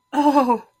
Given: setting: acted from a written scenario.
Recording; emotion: vocal sound without words; negative surprise